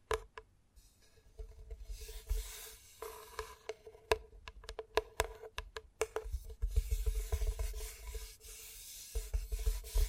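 Gentle tapping comes in irregular clusters of sharp clicks, mixed with soft rubbing and scratching textures and a low steady hum underneath.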